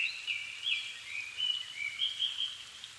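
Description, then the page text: Japanese thrush song: a run of clear whistled and warbled notes, rising and falling, continuous for three seconds over a steady background hiss. 7 May 2011 at 17:59, evening; altitude 270 m; recorded with Sony PCM-D50 and Panasonic WM-61A microphone. "Turdus cardis [Sounds -Nikko Today-]"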